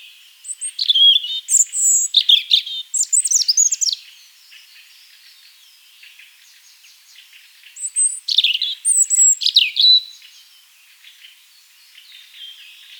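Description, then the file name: European robin song: two thin, high-pitched warbling phrases of tinkling notes and quick trills, separated by a pause of several seconds. "Erithacus rubecula"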